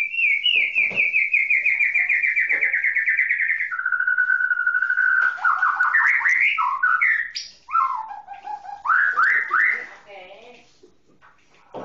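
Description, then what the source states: White-rumped shama singing a long run of rapid whistled notes, then a steady whistle, and ending with looping rising and falling phrases that fade at the close. Masteran training song of a white-rumped shama.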